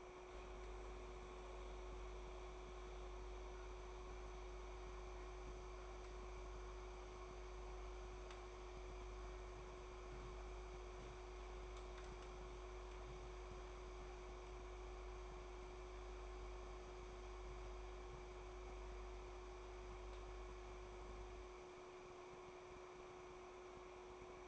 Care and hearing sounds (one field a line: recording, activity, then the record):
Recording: daily activity, microphone in the room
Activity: make coffee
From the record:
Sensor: 1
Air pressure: 1004.3 hPa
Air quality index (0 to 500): 199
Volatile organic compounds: 18 ppm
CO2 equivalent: 2637 ppm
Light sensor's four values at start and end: 5/14/5/5 and 5/14/5/5